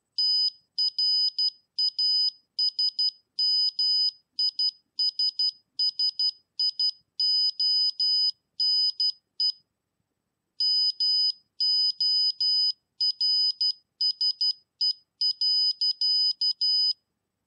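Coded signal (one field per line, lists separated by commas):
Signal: Morse code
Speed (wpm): 12 wpm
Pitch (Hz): 3000 Hz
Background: none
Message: TRASMISSIONE MORSE.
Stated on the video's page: Morse code sent as light by an Arduino optical communication system, final test.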